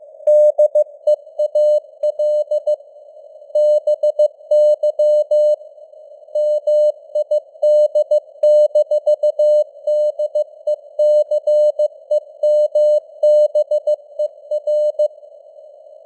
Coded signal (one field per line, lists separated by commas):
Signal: Morse code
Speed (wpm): 15 wpm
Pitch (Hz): 600 Hz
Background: none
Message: DEAL BY MID-DECEMBER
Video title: Morse Code News | 2025-11-22 | 15wpm